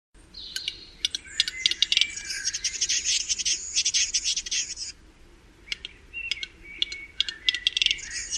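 Bird calls, dense high chirps and ticks in rapid clusters, a busy stretch of several seconds, then a pause and scattered sharp notes again.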